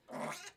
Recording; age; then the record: pig call; piglet (1 to 25 days)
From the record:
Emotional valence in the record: negative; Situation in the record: restrain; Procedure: back test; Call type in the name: low-frequency call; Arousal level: maximum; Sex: male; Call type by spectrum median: low-frequency call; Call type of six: mixed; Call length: 0.57 s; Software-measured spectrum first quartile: 621 Hz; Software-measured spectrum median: 1255 Hz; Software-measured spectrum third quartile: 3471 Hz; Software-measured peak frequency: 606 Hz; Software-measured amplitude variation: 162 dB a second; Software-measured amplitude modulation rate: 22.9 a second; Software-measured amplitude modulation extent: 7.1 dB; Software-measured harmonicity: 0.1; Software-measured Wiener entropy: -1.39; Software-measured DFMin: 708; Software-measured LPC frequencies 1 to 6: 704, 2103, 3922, 5180, 6532, 7549 Hz